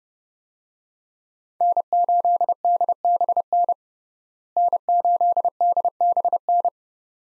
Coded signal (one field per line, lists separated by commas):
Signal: Morse code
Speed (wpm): 30 wpm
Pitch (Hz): 700 Hz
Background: none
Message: N8DBN N8DBN